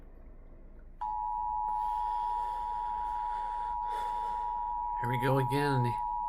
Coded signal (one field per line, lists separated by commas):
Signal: Emergency Alert System (SAME) tones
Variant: 853 and 960 Hz attention tone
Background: speech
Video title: Eas tor on npt Eas#740